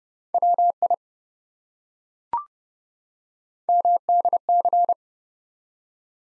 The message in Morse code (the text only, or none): WI MDC